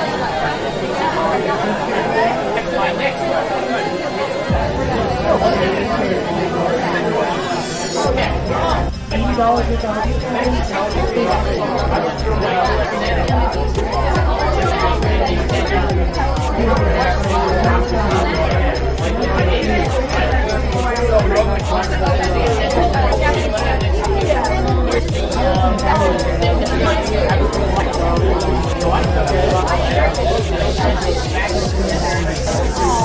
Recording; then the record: background sound without coughing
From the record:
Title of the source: Nightlife Party Simulating Party Club Noise 1 Hour